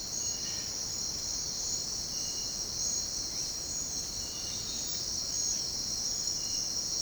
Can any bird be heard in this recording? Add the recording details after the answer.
no. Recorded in secondary vegetation near Puerto Asís, Putumayo, Colombia, on 13 March 2025 at 08:00. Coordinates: 0.484, -76.319. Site G010